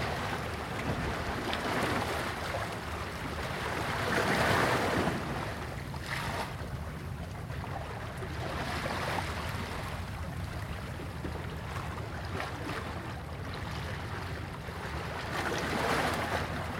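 Waves wash in a dense, continuous rush, with a low rumble underneath and hissing spray on top. The sound swells in broad surges, strongest around four to five seconds and again near nine and sixteen seconds, then eases between them. Wind adds steady background noise.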